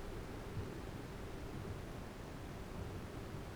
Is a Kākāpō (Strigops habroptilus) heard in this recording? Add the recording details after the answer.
no. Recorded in New Zealand. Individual Arab